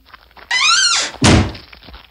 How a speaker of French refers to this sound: Il plaça la pierre dans un grand coffre et le scella avec un énorme verrou.